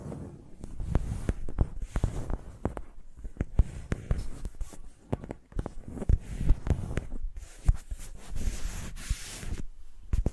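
Microphones are used like pencils, tapped and dragged against each other in a steady run of sharp clicks and knocks. The taps come irregularly, several per second, over a low dull rumble, with soft scratchy strokes and a brighter hissing scrape near the end.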